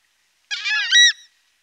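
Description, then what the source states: Horned screamer producing a single loud, harsh honk lasting under a second, rich in harmonics and rising in strength toward its end. Recorded in the Pantanal.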